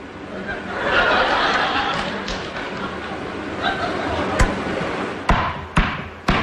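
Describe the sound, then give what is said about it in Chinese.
Knocking as if on a door, done by a performer acting out calling at a door in a comic dialogue broadcast by Beijing Arts Radio in 2018: about four sharp, loud raps spaced irregularly near the end, following a stretch of steady crowd murmur and laughter. “你这 不是叫门呢？”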